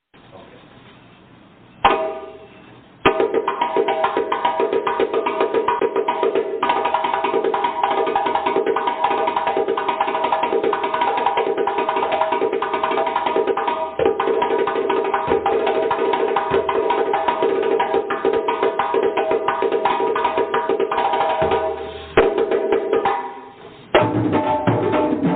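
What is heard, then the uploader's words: Drumming that opens with a quiet stretch and a single hit near two seconds, then breaks into a fast, dense, unbroken roll from about three seconds on. The rapid strokes hold steady with a ringing midrange tone, pausing briefly around twenty-two seconds before resuming. Drumming.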